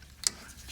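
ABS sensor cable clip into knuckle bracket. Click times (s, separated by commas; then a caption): 0.3 s. An ABS sensor cable on a GMC Envoy, fitted during a front wheel bearing replacement, is routed through its bracket and its retaining clip is pressed into the knuckle bracket. A single sharp, bright click is heard at 0.3 s over a quiet background. The clip snaps into place and is seated.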